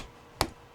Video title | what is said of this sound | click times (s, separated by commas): Jilron No-Drill Room Divider Curtain Set: Includes 106 | and locks down | 0.4 s